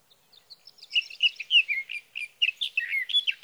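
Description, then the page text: Sage thrasher song starting softly and swelling into a quick tumbling warble of varied chirps and slurred notes. Male singing near his night roost through the night, June 12 to 15, 2018, Sierra Valley, California; recorded with a Swift recorder. "61. Sage thrasher songs, through the night. For three nights, from the evening of June 12 to the morning of June 15, 2018, in Sierra Valley, California"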